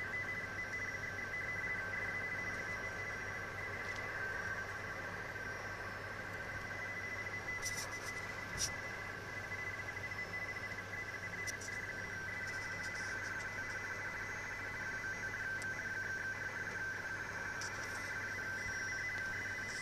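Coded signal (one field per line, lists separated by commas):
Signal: RTTY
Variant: DWD weather RTTY, 50 baud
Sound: continuous rapid warbling between two close tones, steady throughout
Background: radio static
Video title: 10100KHz USB RTTY Weather Forecasts DDK9 received on my ICOM IC-720A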